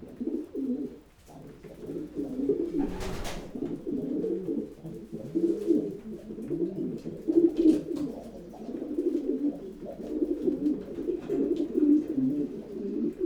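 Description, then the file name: Pigeon cooing, low throaty rolling coos repeated continuously, with a brief knock or rustle near three seconds. "holub"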